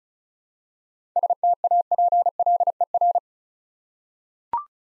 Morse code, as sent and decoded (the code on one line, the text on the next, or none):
... - .- .--. .-.. . .-.
STAPLER